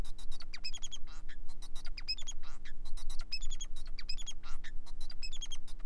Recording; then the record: song of a male Bengalese finch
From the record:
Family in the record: son of father 4